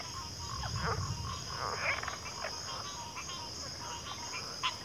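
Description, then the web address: Crickets keep up a steady high trilling chorus, with irregular frog calls and a low rumble beneath. Chorus of crickets at a backwater. "Natures Songs Sleep Sounds of Nature CRICKETS 03 Backwater Chorus"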